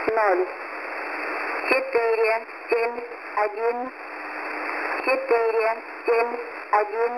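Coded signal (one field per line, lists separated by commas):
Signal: numbers station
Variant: S06s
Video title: S06s Number Station 9262kHz - 8:30 UTC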